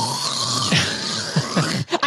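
An adult woman imitates her partner's snoring, which includes choking sounds that wake him up. The snoring is consistent with obstructive sleep apnea, for which he uses a CPAP.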